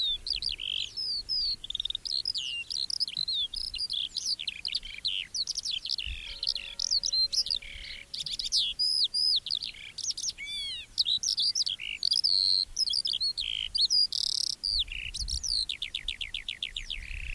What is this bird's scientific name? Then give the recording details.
Alauda arvensis. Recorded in the wild. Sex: male. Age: adult. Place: Erlangen, OT Dechsendorf, Bayern, DE. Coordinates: 49.6317, 10.9364. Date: 1964-04-02. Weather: fog (morning). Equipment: Original, Vollspur, Parabolspiegel Grampian. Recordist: Tretzel, Erwin